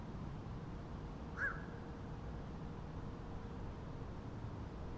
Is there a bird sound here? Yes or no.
yes